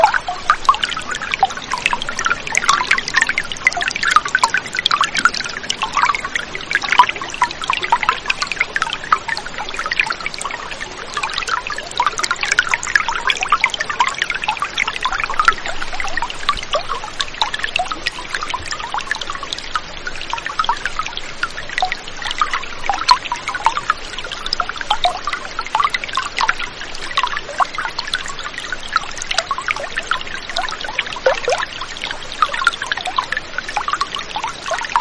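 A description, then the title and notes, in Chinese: Water in a winter stream at Jiuxi splashes and trickles without pause, a dense, steady babble of many small drops and bubbles. The sound sits mostly in the bright middle range, lively, with little low rumble beneath it. 九溪冬日里的水声。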